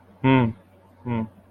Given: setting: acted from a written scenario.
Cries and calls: vocal sound without words; neutral

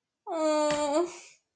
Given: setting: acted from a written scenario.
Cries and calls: vocal sound without words; disappointment

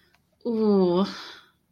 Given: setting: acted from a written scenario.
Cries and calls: vocal sound without words; sympathy

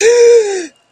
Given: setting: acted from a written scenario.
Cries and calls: vocal sound without words; negative surprise

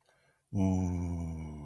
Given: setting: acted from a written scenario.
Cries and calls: vocal sound without words; ecstasy

